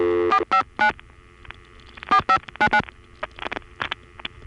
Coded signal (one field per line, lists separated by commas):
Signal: DTMF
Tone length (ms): 80 ms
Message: 459 4599